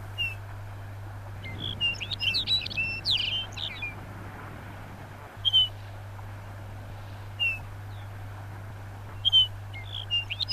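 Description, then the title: Lapland bunting giving a chirp, then one fast warbling, jingly phrase, then isolated sharp chirps spaced every couple of seconds against a low steady hum. "Viikon luontoääni: Lapinsirkku"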